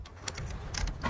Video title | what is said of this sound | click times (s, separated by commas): Airacuda MAX PCP Air Rifle | so it's got a positive click when you put it in so if I do that | 0.3 s, 0.8 s